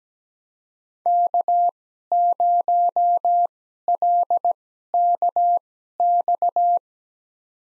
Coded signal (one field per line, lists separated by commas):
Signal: Morse code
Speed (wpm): 17 wpm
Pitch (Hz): 700 Hz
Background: none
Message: K0LKX